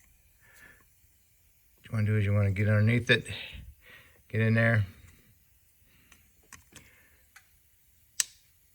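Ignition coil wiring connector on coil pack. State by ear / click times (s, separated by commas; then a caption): released / 8.2 s. Someone talks while working a screwdriver under the next plastic ignition coil wiring connector on the coil pack of a 2014 Volkswagen Tiguan, pushing its locking tab down. After a few faint ticks, the latch clicks open sharply at 8.2 s, releasing the connector so it can be eased off slowly.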